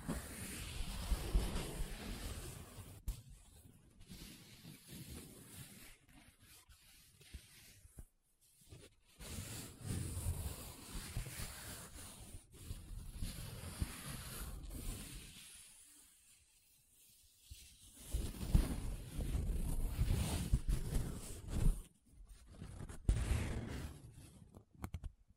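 Paper being rubbed and scratched in uneven bursts, with quiet gaps near 8, 16 and 22 seconds and a rough, rustling low rumble.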